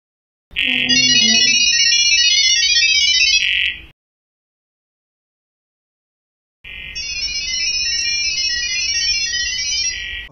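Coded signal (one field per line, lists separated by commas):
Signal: data over sound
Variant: ggwave (Gibberlink)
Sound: two 3-second bursts of rapid chirpy multi-tone beeping, like a fast twittering chime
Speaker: let's go ahead and check two models talking to one another in sound level protocol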